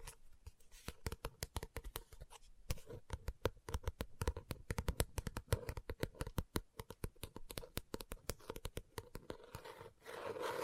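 Fingers tap and scratch on a book in a quick, uneven stream of sharp clicks, packed densely from start to finish with only a brief lull near the three-second mark. Around ten seconds a softer, brushing rustle takes over, like a page being turned.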